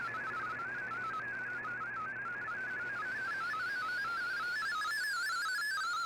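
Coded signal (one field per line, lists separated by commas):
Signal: multi-tone FSK (Olivia or MFSK type)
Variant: MFSK32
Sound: rapid warbling single tone hopping among many pitches, like a fast electronic melody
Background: radio static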